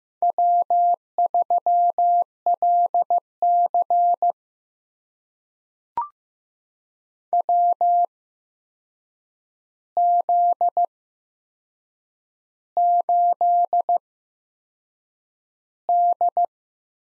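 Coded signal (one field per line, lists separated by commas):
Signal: Morse code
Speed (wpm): 15 wpm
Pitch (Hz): 700 Hz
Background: none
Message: W3LC WZ8D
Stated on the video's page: Morse head-copy drill of four-character USA call signs at 15 WPM with 8x Farnsworth character spacing.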